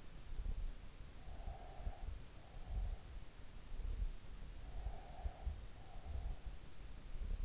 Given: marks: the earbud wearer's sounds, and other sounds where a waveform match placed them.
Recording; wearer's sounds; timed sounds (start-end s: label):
sounds in sleep by an in-ear microphone; breath
0.92-2.96 s: breath
4.78-6.70 s: breath